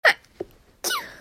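A sharp, loud burst is followed after a short pause by a second explosive, hissing burst with a falling tone, all within about a second. The pattern fits a single sneeze from an adult, an ordinary reflex. It is a sound effect.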